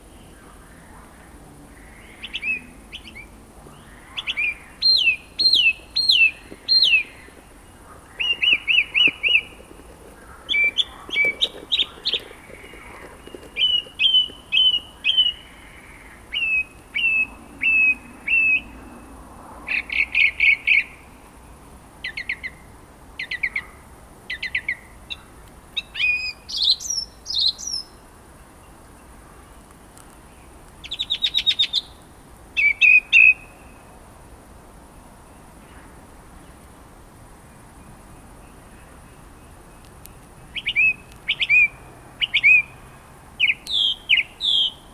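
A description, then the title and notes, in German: A single bird sings right beside the microphone, close and loud, in quick bursts of bright chirps and trills repeated every second or two, with short pauses, a longer gap around 35 seconds. A faint steady hiss and soft low rumble sit underneath. Ein Vogel direkt neben dem Mikro.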